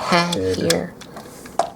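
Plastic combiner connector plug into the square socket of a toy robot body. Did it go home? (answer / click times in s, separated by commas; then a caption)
yes / 1.6 s. Someone talks as a plastic combiner connector plug on a Transformers Generation 1 Defensor toy robot is pushed into the square socket on the main body. A sharp, loud snap at 1.6 s marks the plug clicking into place and seating.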